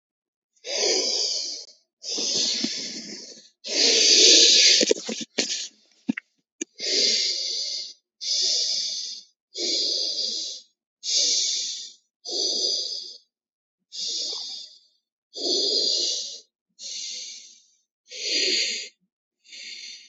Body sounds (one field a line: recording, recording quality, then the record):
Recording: deep breathing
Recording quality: excellent, no background noise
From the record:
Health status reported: healthy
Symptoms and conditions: none ticked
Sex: male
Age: 22 years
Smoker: not ticked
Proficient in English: yes